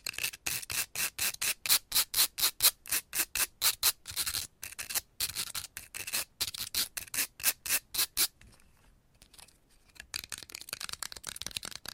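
Long nails scratch fast and hard in a steady run of bright, rasping strokes, about three or four per second. Around eight seconds the strokes turn sparse and soft for a couple of seconds, then quieter, denser scratching picks up again.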